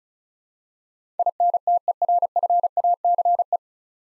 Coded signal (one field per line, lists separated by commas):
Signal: Morse code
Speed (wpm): 36 wpm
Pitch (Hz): 700 Hz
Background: none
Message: INTERFACE